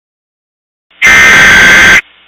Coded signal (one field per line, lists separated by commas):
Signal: Emergency Alert System (SAME) tones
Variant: header bursts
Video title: Emergency Alert System - Nothing (S1EP2)